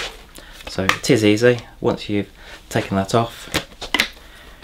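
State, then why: Seated. Someone talks while the removed plastic dust bin of a Roidmi S1S cordless vacuum cleaner is located back onto the vacuum body and pushed into place. A sharp click at 4.0 s marks the bin snapping back in, and it is seated.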